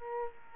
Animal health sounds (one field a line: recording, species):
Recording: mosquito wingbeat signal from an infrared sensor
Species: Culex quinquefasciatus